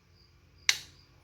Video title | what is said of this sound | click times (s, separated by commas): Unboxing Used Traps For Fur Trapping - Cheap! | see, and right there you heard that click. That was the night latch that just engaged, | 0.7 s